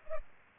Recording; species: mosquito wingbeat signal from an infrared sensor; Culex pipiens